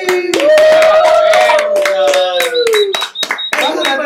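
A burst of audience applause welcoming a comedian guest onto a show, dense rapid clapping lasting several seconds, with a long sustained cheer or whoop held over the first part before the clapping thins out and picks back up.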